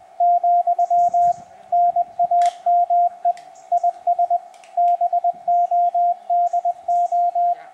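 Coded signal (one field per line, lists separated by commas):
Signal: Morse code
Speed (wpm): 20 wpm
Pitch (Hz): 700 Hz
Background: radio noise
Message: , NAME IS BODO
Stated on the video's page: CW QSO on a Yaesu FT-897D running internal batteries with a solar panel, 2.4 m Clansman military whip antenna.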